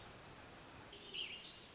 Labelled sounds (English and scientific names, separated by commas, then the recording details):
American Robin (Turdus migratorius)
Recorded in Sonoma County, California